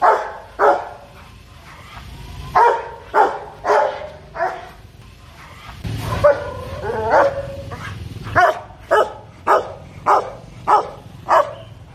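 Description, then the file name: Harsh dog barks repeated roughly every half second to second, broken midway by wavering, drawn-out tones, then a steady run of barks to the finish. Dog barking fiercely. "Tieng cho sua hung du"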